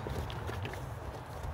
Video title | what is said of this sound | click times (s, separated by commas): 20J2 2020 JEEP WRANGLER GLADIATOR RUBICON FIRECRACKER RED FOND DU LAC WISCONSIN www.SUMMITAUTO.com | so it kind of snaps into place it's not going to fall down on you | 0.3 s, 0.7 s